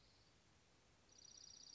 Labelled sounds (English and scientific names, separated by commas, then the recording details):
Dark-eyed Junco (Junco hyemalis)
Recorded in Sonoma County, California